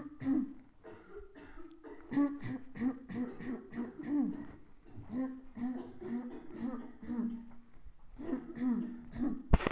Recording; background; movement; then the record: throat clearing; a bystander coughing; walking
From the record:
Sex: female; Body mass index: 21.8 kg/m2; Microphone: on the chest, facing the body